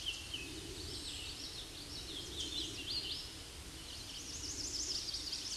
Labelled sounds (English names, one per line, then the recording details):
Hooded Warbler song
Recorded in a Pennsylvania forest on 16 May 2024 at 07:36
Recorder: AudioMoth, point MSD-2040
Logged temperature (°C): 15.3 °C
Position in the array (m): 31 m, 153 m